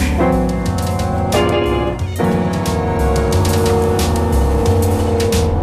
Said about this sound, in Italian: Paesaggi spaventosi. È questo il traffico tra Padova e Bologna.